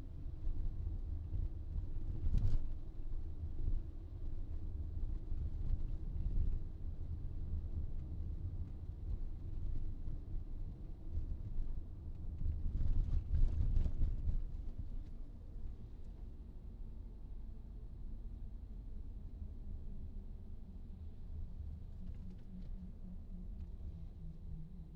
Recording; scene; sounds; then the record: everyday scene through a hearing-aid microphone; in a vehicle; engine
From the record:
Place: VW T5 Caravelle, diesel engine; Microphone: in the ear canal, right